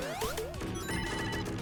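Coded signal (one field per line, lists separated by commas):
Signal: none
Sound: video game sound effects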